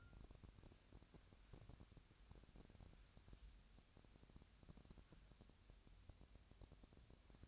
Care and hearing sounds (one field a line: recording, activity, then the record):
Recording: daily activity, microphone in the room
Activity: wipe stove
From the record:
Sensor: 2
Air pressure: 1006.9 hPa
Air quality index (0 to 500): 198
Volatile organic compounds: 13 ppm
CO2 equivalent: 2430 ppm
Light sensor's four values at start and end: 10/23/10/10 and 10/23/10/10